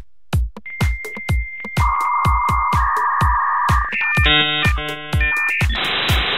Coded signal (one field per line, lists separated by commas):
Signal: dial-up modem handshake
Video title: The Modem Song (featuring the Avro Canada VZ-9 Avrocar human powered UFO)